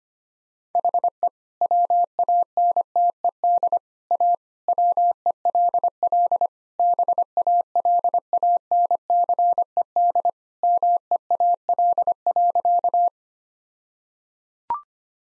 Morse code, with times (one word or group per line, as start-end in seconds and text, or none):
0.8-1.3 HE
1.6-3.8 WANTED
4.1-4.3 A
4.7-6.5 WELL
6.8-10.3 BALANCED
10.6-13.1 MEAL.